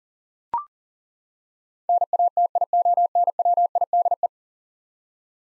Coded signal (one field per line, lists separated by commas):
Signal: Morse code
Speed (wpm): 38 wpm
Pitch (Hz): 700 Hz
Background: none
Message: NATIONWIDE